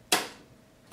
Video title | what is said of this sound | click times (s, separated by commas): How to make a 6TB NAS for Under $300 | and it'll just snap right in | 0.1 s